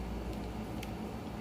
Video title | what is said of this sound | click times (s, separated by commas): A Very Detailed Unboxing: Action Toys Mini Action Daimos | you need to do is to push that back down so that it locks in place | 0.8 s